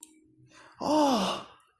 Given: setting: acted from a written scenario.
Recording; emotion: vocal sound without words; distress